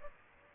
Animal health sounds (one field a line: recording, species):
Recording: mosquito wingbeat signal from an infrared sensor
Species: Aedes aegypti